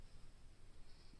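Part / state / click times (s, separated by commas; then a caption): micro SD card into tablet card tray / not seated / none. A micro SD card is handled against the plastic card tray of a Samsung Galaxy Tab S6 Lite tablet, ready to be pressed in. Only faint, steady low handling rustle is heard, with no sharp sounds. Nothing has seated or clicked yet.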